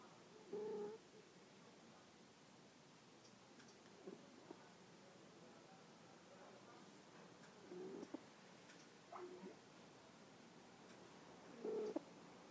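Faint, short squeaky snores recur about every four seconds, roughly 15 a minute, over a quiet hiss. This is a sleeping cat snoring, with a soft tonal whistle on each breath.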